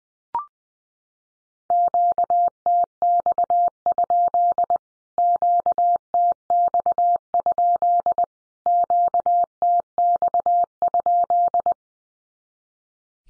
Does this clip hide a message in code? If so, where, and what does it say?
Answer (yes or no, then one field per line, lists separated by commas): yes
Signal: Morse code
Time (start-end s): 1.7-11.7 s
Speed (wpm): 20 wpm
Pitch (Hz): 700 Hz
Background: none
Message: QTX? QTX? QTX?